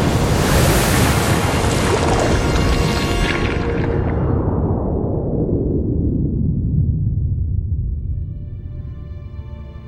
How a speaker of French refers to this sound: Maelstrom ! La mer, déjà mauvaise, se met à tournoyer de plus en plus vite. Elle forme un tourbillon qui se transforme en trou, puis en gouffre. Maelstrom ! C'est le nombril de l'océan. Il engloutit tout !